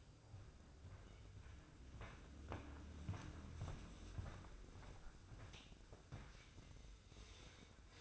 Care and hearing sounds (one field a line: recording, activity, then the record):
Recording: daily activity, microphone in the room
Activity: walk to room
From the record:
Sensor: 2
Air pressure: 995.4 hPa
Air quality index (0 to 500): 79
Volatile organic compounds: 3 ppm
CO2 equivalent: 1421 ppm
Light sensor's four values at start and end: 23/76/30/28 and 23/75/29/28